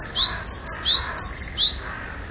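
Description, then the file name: Japanese tit calls: a quick series of high, thin notes, some sweeping upward and others short and sharp, repeated several times within two seconds. "sijukara"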